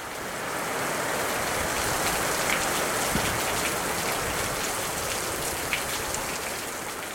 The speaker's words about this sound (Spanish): Es un invierno frío y la lluvia acompaña los días.